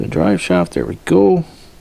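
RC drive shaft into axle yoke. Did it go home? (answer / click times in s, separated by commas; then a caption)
no / none. Someone talks while handling the drive shaft of an SCX24 RC crawler, fitted with an aluminum axle case, lining it up to push onto its plastic axle yoke. Nothing has seated or clicked yet; the shaft is not yet snapped into the yoke.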